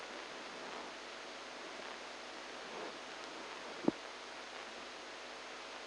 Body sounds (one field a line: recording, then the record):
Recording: brain microelectrode recording played as sound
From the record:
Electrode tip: inside the subthalamic nucleus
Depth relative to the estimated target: -4 mm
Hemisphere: right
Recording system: NeuroSet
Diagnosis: Parkinson's disease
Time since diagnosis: 10 years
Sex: male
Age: 63 years